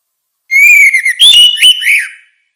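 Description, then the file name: Orange-headed thrush delivering one continuous whistled phrase, starting with a smooth level note, then breaking into quick warbled twists and slurred whistles. "suara kicau burung anis merah"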